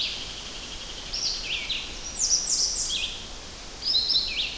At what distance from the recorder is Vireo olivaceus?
about 25 m